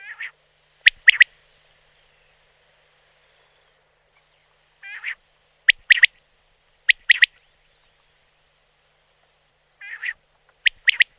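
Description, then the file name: Common quail giving several phrases of sharp triple notes, most preceded by a short rasping note, in near silence. "Perepel"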